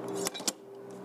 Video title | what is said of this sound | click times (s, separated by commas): 0022 MGI Military MK15 Hydra Caliber Convertible Rifle SHOT Show 2012 | it clicks into place the cam rotates back up slide the retaining block down | 0.5 s